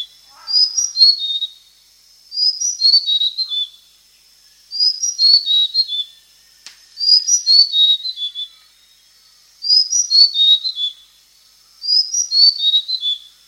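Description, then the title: Blue-crowned hanging parrot giving six bursts of thin, high, squeaky notes that step downward, each burst just over a second long, repeated roughly every two to two and a half seconds. "SERINDIT"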